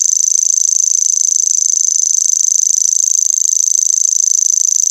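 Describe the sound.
Grasshopper song: a steady, intense, high buzzing trill of fast regular pulses that runs unbroken from start to finish.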